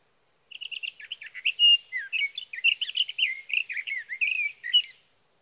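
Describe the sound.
Sage thrasher delivering a long, hurried warbling song, stuttered notes then varied slurred whistles, continuing for roughly four and a half seconds.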